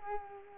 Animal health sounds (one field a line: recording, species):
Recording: mosquito wingbeat signal from an infrared sensor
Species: Culex quinquefasciatus